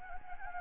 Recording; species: mosquito wingbeat signal from an infrared sensor; Anopheles gambiae